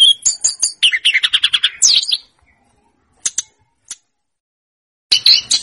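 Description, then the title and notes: Snowy-browed flycatcher giving a two-second burst of rapid high notes, then silence broken by a few short chirps and a final burst. Master song used for training cage birds. "Masteran Tledekan Gunung Sikatan Gunung. BURUNG TLEDEKAN"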